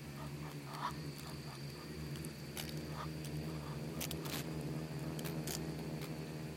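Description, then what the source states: Insects drone in a low overlapping buzz while frequent irregular dry ticks and clicks sound, a constant thin high tone behind. Bugs and beetles swarming in the Namib desert, among the micro-sounds of a desert soundscape that seems quiet at first listen.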